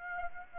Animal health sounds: mosquito wingbeat signal from an infrared sensor; Aedes aegypti

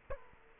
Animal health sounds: mosquito wingbeat signal from an infrared sensor; Culex quinquefasciatus

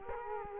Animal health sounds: mosquito wingbeat signal from an infrared sensor; Culex quinquefasciatus

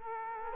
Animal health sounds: mosquito wingbeat signal from an infrared sensor; Culex quinquefasciatus

